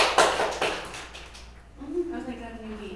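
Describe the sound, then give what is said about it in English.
A group claps together in a few loud, sharp bursts that quickly fade, followed by a voice speaking; the class is clapping for a student who answered a question in a lesson about the talking drum. “Okay, now you have to clap for her.”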